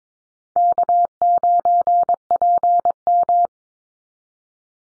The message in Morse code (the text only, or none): K9PM